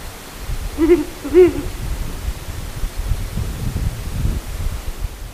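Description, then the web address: Ural owl giving two deep hoots about half a second apart at the start, followed by low rumbling noise and hiss. "agykontroll Madardalok Cd 1. Uráli bagoly"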